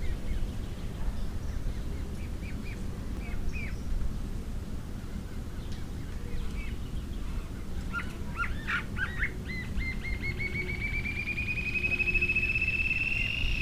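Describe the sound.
Green-tailed jacamar: faint high notes at first, then a burst of clipped calls that accelerates into a long, gradually rising trill, over low background noise.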